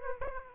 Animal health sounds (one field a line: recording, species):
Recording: mosquito wingbeat signal from an infrared sensor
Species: Aedes aegypti